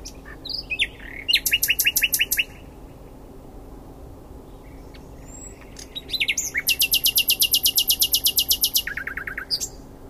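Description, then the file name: Common nightingale song: two phrases of fast repeated loud pulses, the second longer, separated by a quiet gap with faint notes. "Luscinia megarhynchos"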